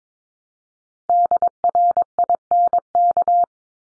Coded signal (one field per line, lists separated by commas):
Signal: Morse code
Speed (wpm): 22 wpm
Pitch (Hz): 700 Hz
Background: none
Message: DRINK